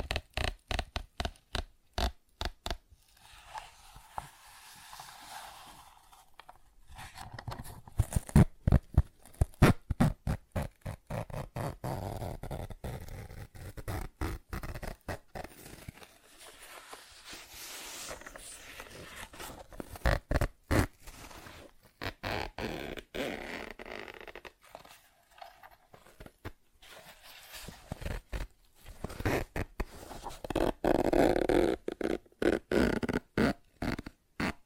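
Tapping, scratching and zipper sounds fill the recording: bursts of sharp, rapid taps come in runs, with rough scratching passages between them around 8–12, 16–20 and 30–33 seconds. The activity is dense and irregular, bright clicks over a low, rustling undertone, with brief quiet gaps.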